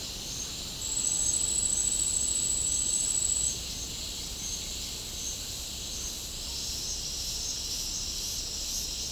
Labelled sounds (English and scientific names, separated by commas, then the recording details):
none
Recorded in pastures near Puerto Asís, Putumayo, Colombia, on 18 December 2024 at 09:30
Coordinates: 0.496, -76.326
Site G004